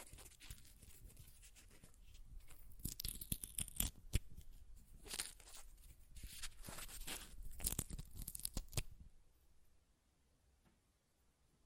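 Paper rips and tears in a run of bright, crackling strokes with sharp snaps, busiest midway, then goes quiet after about nine seconds.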